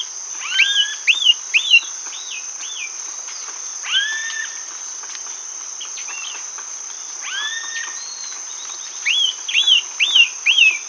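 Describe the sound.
Bird calling with a series of rising whistled notes, some in quick runs, against a continuous shrill insect hum.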